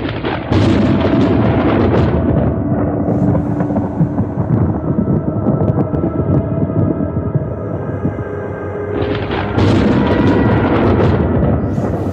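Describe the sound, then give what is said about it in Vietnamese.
Thunder rumbles low and steadily as the sky suddenly turns pitch black, breaking into loud, sharp cracks at the start and again near the end, with a constant heavy roar filling the gaps and no voices. “Chỉ trong nháy mắt đã tối đen như mực, sấm thi nhau nổ đùng đoàng.”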